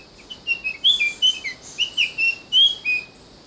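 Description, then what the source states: Brown fantail giving a rapid, jumbled run of thin, high chirps and slurred whistles in uneven rhythm, over a soft background hiss. Papua New Guinea.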